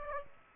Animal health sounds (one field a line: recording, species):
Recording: mosquito wingbeat signal from an infrared sensor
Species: Aedes aegypti